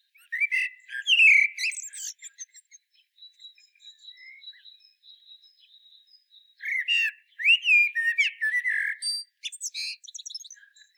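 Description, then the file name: Common blackbird song: two phrases of fluted warbling that end in squeaky high twitters, separated by a pause filled with thin high notes. "Turdus merula"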